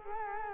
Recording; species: mosquito wingbeat signal from an infrared sensor; Culex quinquefasciatus